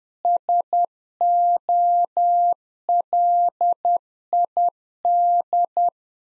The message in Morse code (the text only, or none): SOLID